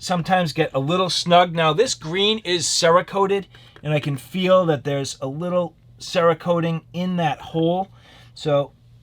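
Someone talks while pushing a steel retaining pin with a punch through the snug hole of a green Cerakote-coated polymer grip module of a Sig P365-series pistol, to hold the fire control unit. The coating in the hole makes it tight, so the pin is still being worked in, and nothing has seated or clicked yet.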